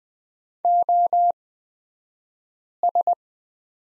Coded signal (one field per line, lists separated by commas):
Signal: Morse code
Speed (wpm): 20 wpm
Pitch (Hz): 700 Hz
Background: none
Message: OS